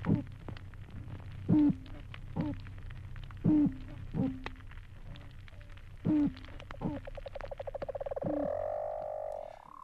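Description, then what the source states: Toadfish giving short low hoots at irregular intervals over a low hum, then a different rising, buzzy drawn-out tone at the end. Underwater singing toadfish.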